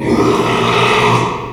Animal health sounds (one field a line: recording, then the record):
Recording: squeal of a Yucatan mini pig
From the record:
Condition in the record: after surgery on the right vocal fold (resection and tissue-engineered implant)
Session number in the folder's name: 1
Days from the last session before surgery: 6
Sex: male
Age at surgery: 12 weeks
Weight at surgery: 13 kg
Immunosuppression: cyclosporine, prednisolone